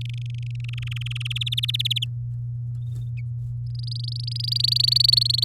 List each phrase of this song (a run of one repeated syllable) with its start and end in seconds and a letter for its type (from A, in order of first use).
0.01-0.70 A, 0.73-1.33 B, 1.35-2.05 C, 3.75-5.44 D